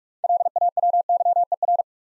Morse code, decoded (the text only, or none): LAWYER